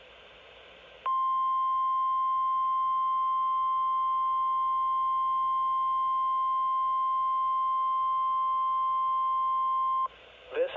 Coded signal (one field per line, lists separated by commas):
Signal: Emergency Alert System (SAME) tones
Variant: 1050 Hz attention tone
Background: speech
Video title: EAS Capture #81: NWR Required Weekly Test